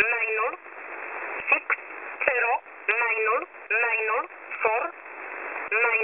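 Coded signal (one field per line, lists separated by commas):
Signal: numbers station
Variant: E11a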